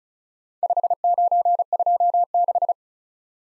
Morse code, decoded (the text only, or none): 5926